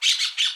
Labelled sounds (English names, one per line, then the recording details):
Brown-throated Parakeet contact call
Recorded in Aruba
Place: Cunucu Arikok, S side of Ceru Arikok
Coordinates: 12.502, -69.950